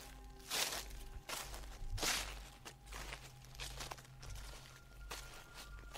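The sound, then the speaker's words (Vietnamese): Slow, scuffing footsteps cross a roof, about seven soft rustling steps at an unhurried, even pace, with a low steady hum running underneath. “Lần này An Hùng còn nghe cả tiếng bước chân tựa như đang đi lại trên mái, cứ sột soạt chậm rãi.”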